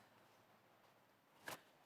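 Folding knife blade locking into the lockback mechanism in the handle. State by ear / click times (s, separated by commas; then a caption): seated / 1.5 s. A single-blade lockback pocket knife is opened, and the folding blade locks open into the lockback mechanism in the handle. A single sharp click sounds at 1.5 s over a low, steady background hiss. No one talks in this clip.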